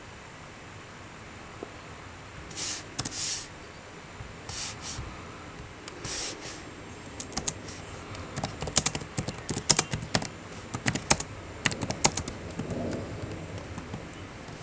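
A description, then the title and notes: Keyboard clicking, starting sparse with a few soft bursts and brushy sounds in the first seven seconds, then picking up into a faster, irregular patter of sharp, bright key taps from about eight seconds on. Dry. Keyboard clicking ASMR.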